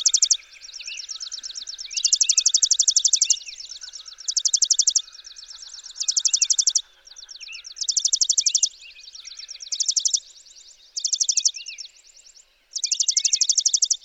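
Chipping sparrow trilled song, fast even rattles of chips repeated every second or two, overlapping with quieter trills and whistled notes of other birds in the background.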